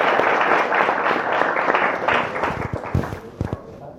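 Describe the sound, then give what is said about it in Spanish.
An audience at an Adventist church event applauds steadily, a dense wash of many hands clapping that thins toward the end into a few louder, separate claps. “Dios te bendiga, un aplauso para todos.”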